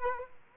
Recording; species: mosquito wingbeat signal from an infrared sensor; Culex quinquefasciatus